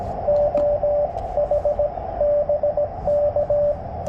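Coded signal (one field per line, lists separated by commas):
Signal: Morse code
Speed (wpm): 21 wpm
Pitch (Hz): 590 Hz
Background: radio noise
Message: OH BK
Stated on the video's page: CW Parks On The Air activation with a Yaesu FT-891 100 W field rig in poor band conditions.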